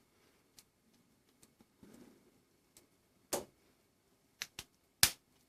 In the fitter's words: and you hear a clicking position